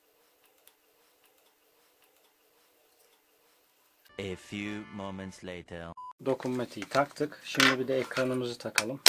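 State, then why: Seated. During an iPad 4 touchscreen replacement, the screen's flex cable connector is pressed onto its logic board socket, giving a single sharp, faint click at 0.7 s as it seats. Near-silence follows, then from about 4 s someone talks.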